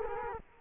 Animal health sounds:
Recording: mosquito wingbeat signal from an infrared sensor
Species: Culex quinquefasciatus

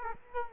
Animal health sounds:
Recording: mosquito wingbeat signal from an infrared sensor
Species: Culex quinquefasciatus

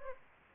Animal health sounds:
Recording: mosquito wingbeat signal from an infrared sensor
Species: Anopheles gambiae

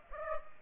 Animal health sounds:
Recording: mosquito wingbeat signal from an infrared sensor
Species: Aedes aegypti

